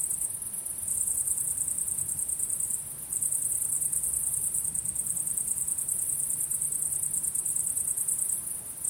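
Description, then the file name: Steady high cricket chirping with rapid pulses, dipping briefly a few times, and a faint low hum in the background. Crickets calling at sunset. "syrsor solnedgang"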